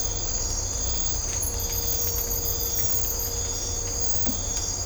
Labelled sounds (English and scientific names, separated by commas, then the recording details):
none
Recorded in dense forest near Puerto Asís, Putumayo, Colombia, on 18 December 2024 at 03:00
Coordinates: 0.503, -76.323
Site G043